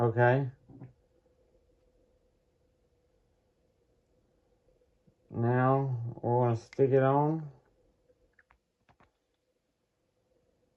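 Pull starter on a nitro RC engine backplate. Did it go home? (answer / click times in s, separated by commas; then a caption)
no / none. Someone talks while a pull starter is placed onto the backplate of a Pro .15 nitro RC engine from a 1996 Nitro Stampede and lined up. A few light contact taps follow at about 8.4 to 9.0 seconds. The starter has not seated or clicked into place yet.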